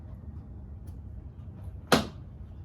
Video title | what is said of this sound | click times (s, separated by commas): 2011 Chrysler 300 front passenger window replacement | Both of them snap right in. | 1.9 s